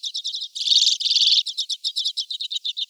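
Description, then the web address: Common redpoll calls: rapid dry buzzy chattering notes, steady twittering run with a denser rattling burst in the first half, high-pitched throughout. "Carduelis flammea"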